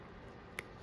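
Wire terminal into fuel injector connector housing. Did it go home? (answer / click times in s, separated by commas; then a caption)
yes / 0.6 s. A wire terminal is pushed into a new plastic fuel injector connector housing on a Ford 2.3 turbo harness. A single sharp click rings out at 0.6 s over low background noise as the terminal snaps home and seats in the housing.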